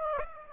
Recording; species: mosquito wingbeat signal from an infrared sensor; Aedes aegypti